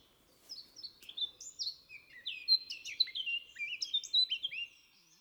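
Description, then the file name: Eurasian blackcap song, a fluent warble of loud clear whistled notes, sliding up and down in a rich, rapid phrase. "Sylvia atricapilla"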